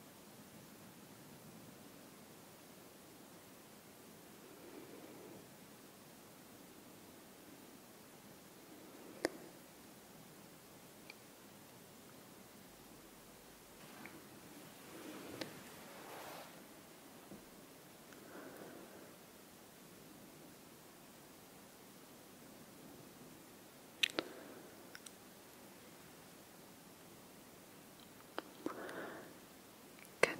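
Soft face brushing sweeps in and out over a steady low hiss, with a few sharp clicks near the middle and end.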